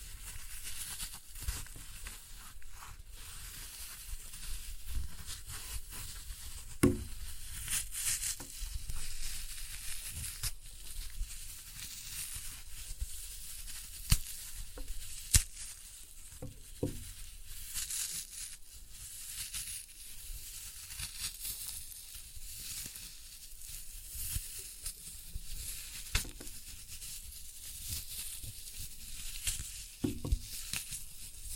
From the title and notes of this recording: ASMR Most Satisfying Floral Foam Glitter Bomb Crushing.